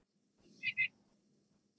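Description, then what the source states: Nuthatch quank call: two quick nasal notes in close succession, then quiet with a faint low hum and another sound starting at the very end. Quank call, given all year long.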